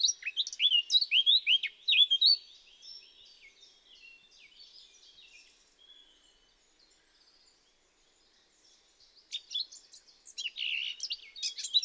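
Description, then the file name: Eurasian blackcap song: a rapid scratchy warble of high notes in the opening two seconds, a quiet stretch, then another burst of chattering phrases near the end. "Sylvia atricapilla"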